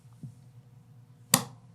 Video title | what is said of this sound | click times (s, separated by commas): How To Install The Apex Action Enhancement Trigger For The Springfield XDs Mod.2 | there you go until it clicks into its spring detent that's fully installed | 1.3 s